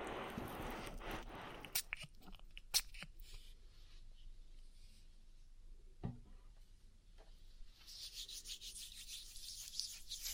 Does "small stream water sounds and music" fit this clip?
no